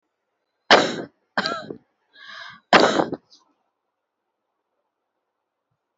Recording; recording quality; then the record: shallow voluntary cough; excellent, no background noise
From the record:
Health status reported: healthy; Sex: female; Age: 30 years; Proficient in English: yes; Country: India